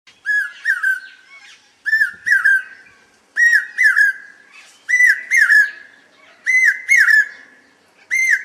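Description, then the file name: Common hawk-cuckoo giving piercing whistled phrases of two or three notes, repeated about every one and a half seconds and gradually rising in pitch. "Common Hawk-Cuckoo (Hierococcyx varius)"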